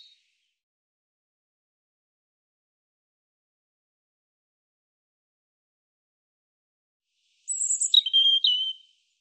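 European robin, mostly silence, then one brief phrase near the end of high whistles and a quick lower trill.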